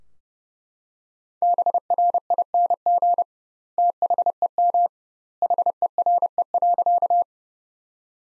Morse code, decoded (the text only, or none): BRING THEM HERE.